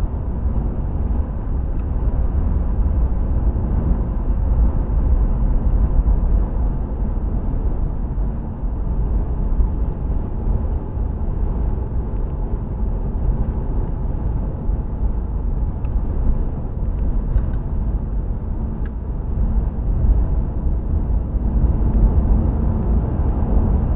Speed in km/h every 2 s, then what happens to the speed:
72, 72, 71, 64, 61, 61, 61, 61, 61, 61, 66, 71.
0-5 steady at about 72. 5-8 slows to 61. 8-18 steady at about 61. 18-24 speeds up to 71.